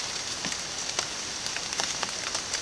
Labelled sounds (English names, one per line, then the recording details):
none
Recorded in dense forest near Puerto Asís, Putumayo, Colombia, on 27 June 2025 at 06:00
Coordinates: 0.484, -76.317
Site G045